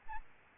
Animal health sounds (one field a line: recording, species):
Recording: mosquito wingbeat signal from an infrared sensor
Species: Aedes albopictus